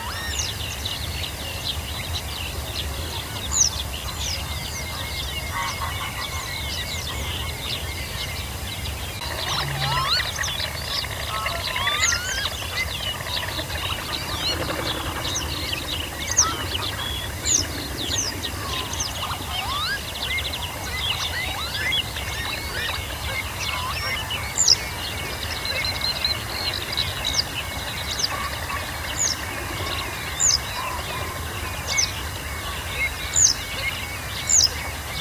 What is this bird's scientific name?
Motacilla flava